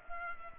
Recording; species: mosquito wingbeat signal from an infrared sensor; Culex pipiens